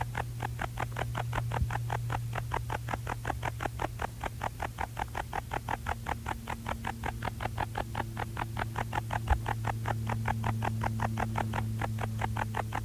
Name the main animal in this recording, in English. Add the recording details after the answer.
Bog Bush-cricket. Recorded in the wild. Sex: male. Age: imago. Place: Königswartha, Oberlausitz, Sachsen, DE. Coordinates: 51.3203, 14.3083. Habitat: meadow. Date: 1989-08-10. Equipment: Riporter 6 RG-K, Sennheiser MKH 416 T, Kopie Uher Report Stereo IC. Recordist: Frommolt, Karl-Heinz. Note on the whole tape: Commerauer Teichgebiet: Gesang. Entfernung minimal 5 cm